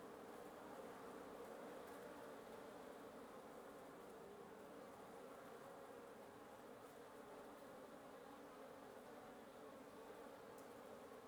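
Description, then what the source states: Wasps buzzing, a steady low hum with faint tonal bands under an even wash of background hiss. Wasp nest under the roof of the recordist's residence at 1a Avenida Norte 19, Antigua Guatemala, Guatemala; recorded in the morning; headphone listening recommended.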